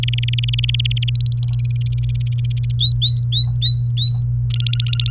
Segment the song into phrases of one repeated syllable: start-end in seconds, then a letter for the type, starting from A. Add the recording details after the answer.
0.03-1.10 A, 1.15-2.72 B, 2.79-4.21 C, 4.50-5.10 D. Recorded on 29 April 2018 at 14:30. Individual llb3